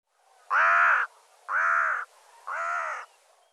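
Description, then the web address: Bird giving three harsh, evenly spaced caws about a second apart, each gradually quieter. "cianscape birddata"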